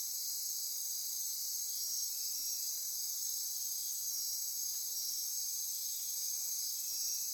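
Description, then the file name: Continuous insect chorus, shrill and even, several high buzzing layers humming together without a break. Insect chorus recorded at midnight near Corcovado. "Wind-is-the-Original-Radio-Fridays 20240628 Andy-Martin Midnight-Insect-Chorus-Near-Corcovado"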